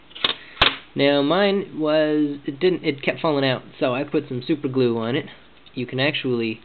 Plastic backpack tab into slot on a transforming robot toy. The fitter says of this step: See this pink piece? clips into that black slot.